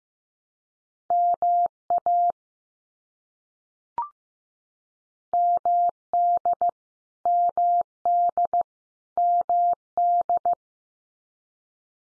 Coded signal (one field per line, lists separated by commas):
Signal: Morse code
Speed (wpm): 15 wpm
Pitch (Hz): 700 Hz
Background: none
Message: MA MD MD MD